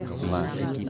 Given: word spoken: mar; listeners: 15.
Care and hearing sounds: one Spanish word in noise, from a listening test; eight-talker babble; -1.0 dB; 0 of 15; 7 of 15; 0.50 s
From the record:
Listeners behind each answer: 7, 2, 1, 1, 1, 1, 1, 1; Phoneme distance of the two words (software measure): 10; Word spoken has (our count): 1 syllable, 3 phonemes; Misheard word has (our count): 1 syllable, 3 phonemes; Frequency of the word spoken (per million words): 150.90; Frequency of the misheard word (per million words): 55.96

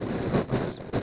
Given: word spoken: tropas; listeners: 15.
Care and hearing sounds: one Spanish word in noise, from a listening test; noise modulated by three-talker babble; -7.9 dB; 1 of 15; 9 of 15; 0.63 s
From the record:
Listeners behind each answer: 9, 1, 1, 1, 1, 1, 1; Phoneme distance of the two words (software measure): 17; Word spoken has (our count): 2 syllables, 6 phonemes, stress on syllable 1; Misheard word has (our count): 2 syllables, 5 phonemes, stress on syllable 1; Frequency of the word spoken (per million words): 37.43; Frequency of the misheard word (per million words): 14.15

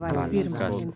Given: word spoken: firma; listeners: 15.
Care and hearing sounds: one Spanish word in noise, from a listening test; four-talker babble; -0.6 dB; 3 of 15; 11 of 15; 0.56 s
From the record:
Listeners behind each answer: 11, 3, 1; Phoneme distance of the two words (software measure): 7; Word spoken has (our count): 2 syllables, 5 phonemes, stress on syllable 1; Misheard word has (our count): 2 syllables, 6 phonemes, stress on syllable 1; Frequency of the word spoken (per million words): 59.15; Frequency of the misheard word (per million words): 18.45

